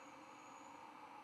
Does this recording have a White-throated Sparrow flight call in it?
no